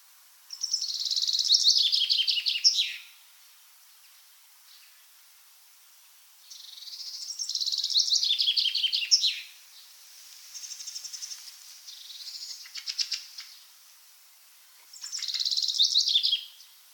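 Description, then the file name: Common chaffinch delivering three falling trill phrases spaced several seconds apart, the first two ending in flourishes, with a quieter buzzy chatter between the second and third. "Fringilla coelebs"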